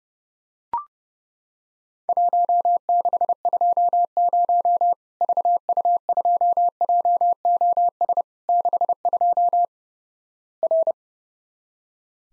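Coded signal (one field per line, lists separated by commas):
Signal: Morse code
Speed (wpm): 30 wpm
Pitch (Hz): 700 Hz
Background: none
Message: 1620 VU2JOS 62 R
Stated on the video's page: Worked All Europe DX CW contest QTC exchange practice at 30wpm, with random repeat requests; each exchange sent, spoken, then sent again.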